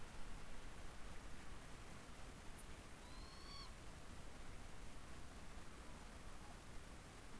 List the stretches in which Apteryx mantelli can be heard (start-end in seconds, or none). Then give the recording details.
none. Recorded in New Zealand on 16 October 2015. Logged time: 20:14. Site BM6